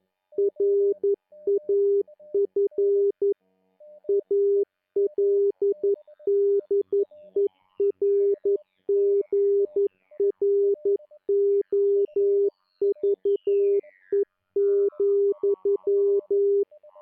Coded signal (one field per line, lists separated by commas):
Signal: Morse code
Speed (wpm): 11 wpm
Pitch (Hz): 400 Hz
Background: music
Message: RAF ALDERGROVE,